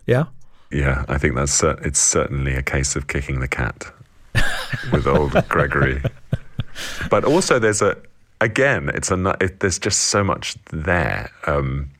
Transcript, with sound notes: Yeah. I think that's - it's certainly a case of kicking the cat...
(Laughter).
...With old Gregory. But also, there's a - again, it's a - there's just so much there